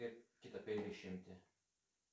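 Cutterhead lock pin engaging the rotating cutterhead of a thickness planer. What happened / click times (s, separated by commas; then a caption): No seating click yet; the lock has not engaged / none. On a Metabo DH 330 thickness planer, the cutterhead lock is being pressed and the cutterhead rotated to reach the other knife so it can be removed. Someone talks until about 1.5 s, followed by near silence to the end. Nothing has seated or clicked yet; the lock pin has not engaged the cutterhead.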